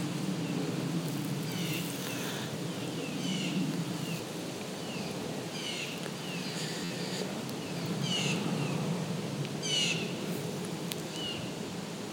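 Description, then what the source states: Eastern gray squirrel calls: harsh, buzzy bursts with quick falling sweeps, given in irregular runs over a steady low rumble. Gray squirrel with a white belly, recorded on Park St in front of a big house, October 5, 2014; three creatures present.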